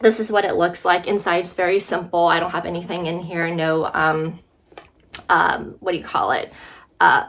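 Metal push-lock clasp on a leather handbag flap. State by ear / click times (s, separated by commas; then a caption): seated / 5.1 s. Someone talks, then during a brief pause a metal push-lock clasp on a leather handbag flap is pushed shut with a sharp metallic click at 5.2 s, preceded by faint handling ticks. The clasp seats closed, and the talking resumes.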